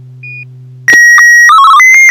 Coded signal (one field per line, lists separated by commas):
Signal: SSTV (slow-scan television)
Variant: Martin 1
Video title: N6NA SSTV Net - 09/22/2021